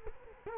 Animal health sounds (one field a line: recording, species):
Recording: mosquito wingbeat signal from an infrared sensor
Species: Culex quinquefasciatus